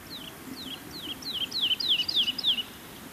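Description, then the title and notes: Woodlark song: a fluting phrase of about eight clear whistled notes, each sliding downward, repeated at a steady pace and growing slightly louder, over soft background hiss. Song a far-carrying run repeating clear notes; in Finland found on sandy pine heaths, gravel pits, sparse rocky pine woods, clearings and burnt forest. "Viikon luontoääni: Kangaskiuru. Tuomas Seimola"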